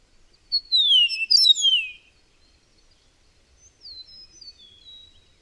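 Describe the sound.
Bird song: a loud burst of descending whistled notes, then a pause and a softer, thinner phrase of short slurred whistles.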